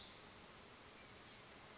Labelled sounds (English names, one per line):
Oak Titmouse